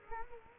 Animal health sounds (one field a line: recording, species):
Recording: mosquito wingbeat signal from an infrared sensor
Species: Culex quinquefasciatus